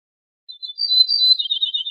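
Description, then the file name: Ortolan bunting phrase beginning with soft high notes, then a sustained high whistle breaking into a fast series of short lower notes, cut off at the end. "suara kicauan ortolan"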